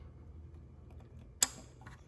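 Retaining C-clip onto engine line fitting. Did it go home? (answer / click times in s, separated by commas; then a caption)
yes / 1.4 s. A metal C-clip is pressed back onto an oil/coolant line fitting during a turbo and exhaust manifold install on a Fiat 500 Abarth. After quiet faint ticks, a single sharp, loud click at 1.4 s marks the clip seating on the fitting.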